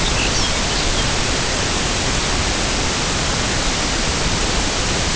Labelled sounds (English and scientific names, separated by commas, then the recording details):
Lapland Longspur (Calcarius lapponicus)
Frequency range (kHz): Lapland Longspur (Calcarius lapponicus) 2.0-6.6 kHz
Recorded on Arctic tundra, site UTQI-0, on 13 June 2019
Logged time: 00:00